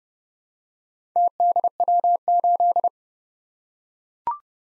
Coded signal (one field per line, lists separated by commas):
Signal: Morse code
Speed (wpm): 30 wpm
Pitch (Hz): 700 Hz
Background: none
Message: TDW8